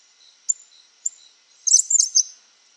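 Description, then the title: Cattle tyrant calls: two thin, high squeaky notes, then a rapid jumbled burst of sharp twittering notes near the end; otherwise quiet. Nominate subspecies Machetornis rixosa rixosa. "LuckyPassaro Completos2Sama. Cattle Tyrant (Machetornis rixosa rixosa)"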